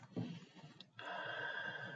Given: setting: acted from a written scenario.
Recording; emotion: vocal sound without words; serenity